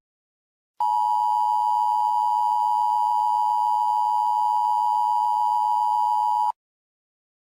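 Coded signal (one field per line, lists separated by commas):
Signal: Emergency Alert System (SAME) tones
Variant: 853 and 960 Hz attention tone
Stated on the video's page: Fictional recreated EAS scenario.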